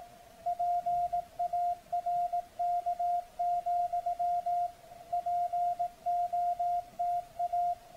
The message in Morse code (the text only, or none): PARK, POTA